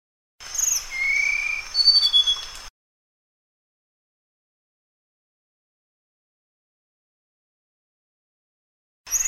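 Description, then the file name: Flycatcher song: a burst of thin, high slurred whistles lasting about two seconds over a steady high tone, then long silence before another phrase begins at the end. "suara burung sikatan sunda. omkicau"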